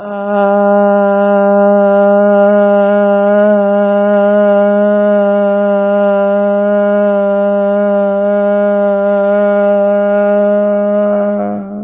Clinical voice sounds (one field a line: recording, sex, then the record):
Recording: sustained vowel /a/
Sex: female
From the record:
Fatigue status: fatigue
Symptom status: symptomatic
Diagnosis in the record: COVID-19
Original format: 3gp